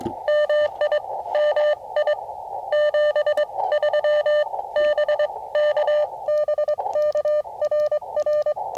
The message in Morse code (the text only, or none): MI MI 73 BK BK RR